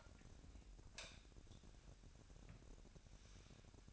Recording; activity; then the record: daily activity, microphone in the room; light on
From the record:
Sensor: 2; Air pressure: 1011.8 hPa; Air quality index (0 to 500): 219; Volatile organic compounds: 4 ppm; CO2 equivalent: 1539 ppm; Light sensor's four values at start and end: 9/20/8/8 and 13/37/15/15